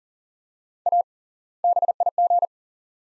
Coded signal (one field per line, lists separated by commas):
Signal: Morse code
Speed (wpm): 40 wpm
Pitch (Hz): 700 Hz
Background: none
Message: A BIG